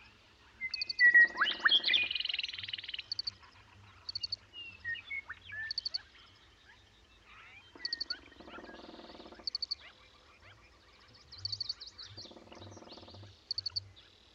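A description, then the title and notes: In Pipestone Canyon in Eastern Washington, high, quick bird chirps come in short clusters every couple of seconds, with a loud burst of calls near the start. Low buzzy trills appear three times, and soft low thumps recur underneath throughout. Pipestone Canyon in Eastern Washington.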